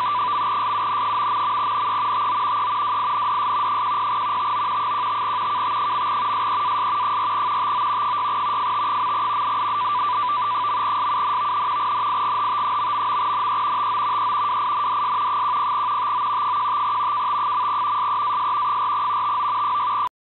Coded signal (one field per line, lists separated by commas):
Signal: NAVTEX (SITOR-B)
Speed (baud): 100 baud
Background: radio noise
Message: .SUN...NE TO E WINDS 10 TO 15 KT. SEAS 4 TO 6 FT. .SUN NIGHT...NE TO E WINDS 10 TO 15 KT. SEAS 4 TO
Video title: 8472 KHZ USb WLO Marine Weather BX